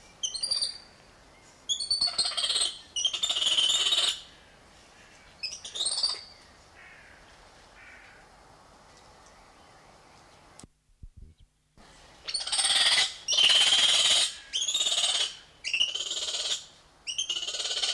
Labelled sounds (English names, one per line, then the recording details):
Black-handed Spider Monkey
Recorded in captivity
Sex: group
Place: Tiergarten Schönbrunn, Wien, AT
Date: 1989-06-08 20:43
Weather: fair, 14°C
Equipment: Sony WM-D6C, Kopie Tesla B 116
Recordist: Tembrock, Günter